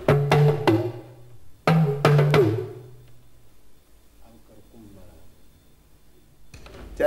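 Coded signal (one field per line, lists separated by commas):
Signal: talking drum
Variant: African talking drum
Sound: five deep drum strokes with pitch bending, a pause, then another stroke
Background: faint room noise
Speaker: them what I say. You said I was feeling hungry. Actually, in Africa, all drums talk.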